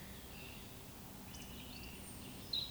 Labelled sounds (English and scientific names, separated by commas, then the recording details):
Eurasian Woodcock (Scolopax rusticola) whistle
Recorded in Baden-Württemberg, Germany, on 19 May 2020 at 19:26 UTC
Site 31917, 145 m above sea level